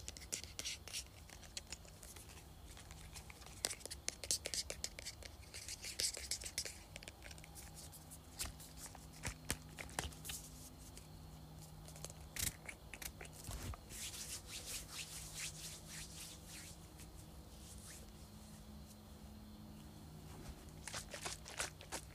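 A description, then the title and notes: A spray bottle is handled, with dense bursts of hissing spray and rattling crowding the first seven seconds. After that come sharper, separate clicks and sprays, most around 9 to 15 seconds, over a steady low hum. ASMR Shaking and Spraying Spray Bottle.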